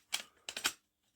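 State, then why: Not seated. A plastic magazine from another toy blaster is pushed into a foam dart blaster's magazine well, making a sharp plastic knock at about 0.1 s followed by a quick pair of rattling knocks at 0.5 and 0.6 s, then silence. The magazine does not latch, and nothing has seated or clicked.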